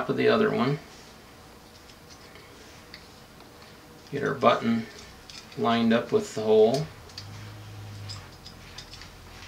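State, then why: Not seated. Someone talks while lining up a button with the hole in the handle of a RAT WORX MRX folding knife, with only light handling ticks between the speech. Nothing has seated or clicked yet.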